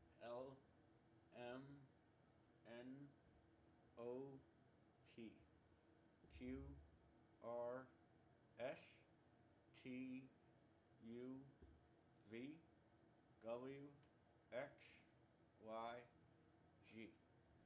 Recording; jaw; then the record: letters of the alphabet, spoken; constrained by a bite bar between the teeth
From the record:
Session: first day, right after the free take